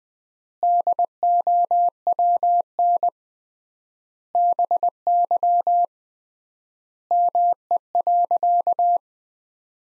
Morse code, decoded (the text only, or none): DOWN BY ME.